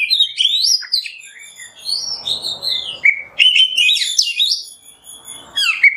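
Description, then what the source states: Oriental magpie-robin song of sweet, wavering whistles and quick chattering notes, with a brief hushed gap before the singing resumes strongly. Kacer masteran (tutor song for training songbirds) in the nembak song style.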